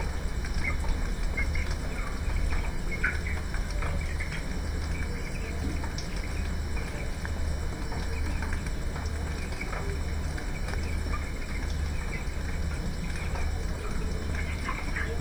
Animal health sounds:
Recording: poultry house recording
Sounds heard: healthy chickens

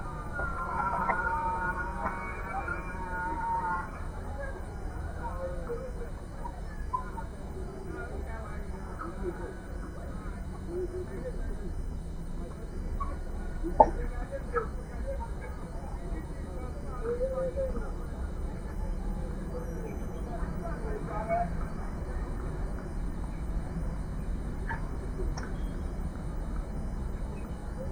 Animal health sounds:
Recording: poultry house recording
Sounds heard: healthy chickens

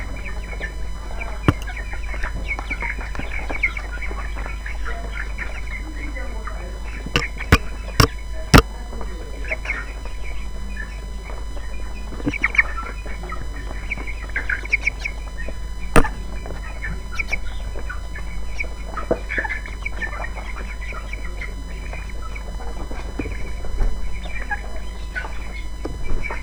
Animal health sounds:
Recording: poultry house recording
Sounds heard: background noise or bird activity such as feeding and pecking

